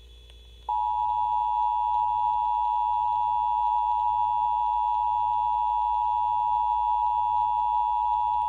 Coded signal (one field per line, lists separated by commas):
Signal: Emergency Alert System (SAME) tones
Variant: 853 and 960 Hz attention tone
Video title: Oklahoma Required Monthly Test | EAS #71